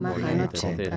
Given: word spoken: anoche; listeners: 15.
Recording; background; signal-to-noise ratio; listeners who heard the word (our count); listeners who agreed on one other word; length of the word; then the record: one Spanish word in noise, from a listening test; four-talker babble; -1.0 dB; 1 of 15; 9 of 15; 0.57 s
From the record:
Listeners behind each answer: 9, 2, 1, 1, 1, 1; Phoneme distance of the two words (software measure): 7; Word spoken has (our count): 3 syllables, 5 phonemes, stress on syllable 2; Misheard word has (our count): 2 syllables, 4 phonemes, stress on syllable 1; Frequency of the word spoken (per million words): 34.54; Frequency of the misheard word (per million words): 362.35